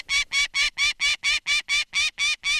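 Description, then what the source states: Peregrine Falcon chick calls, loud harsh screeching notes repeated evenly many times in quick succession, each burst rasping and strong, with no other sounds. Male chick, one of four on a nest ledge in northwestern Ontario, calling loudly while handled for banding.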